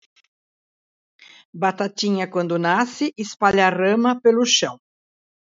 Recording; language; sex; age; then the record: short text; Brazilian Portuguese; female; 60 to 69 years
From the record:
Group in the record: control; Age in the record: 69 years